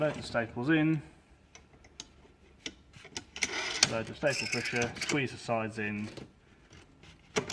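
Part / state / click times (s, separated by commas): squeezed-in component (likely staple strip/magazine) into pneumatic carton stapler / seated / 7.5 s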